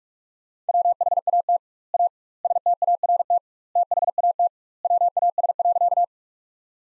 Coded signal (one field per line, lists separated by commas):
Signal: Morse code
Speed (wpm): 46 wpm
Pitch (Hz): 700 Hz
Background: none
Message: WHAT A START THAT WAS.